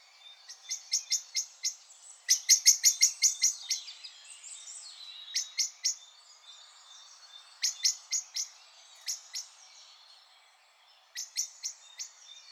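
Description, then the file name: Common blackbird calling in bursts of sharp, high clicking notes in quick series, pausing between runs, with a faint hiss behind. "Turdus merula"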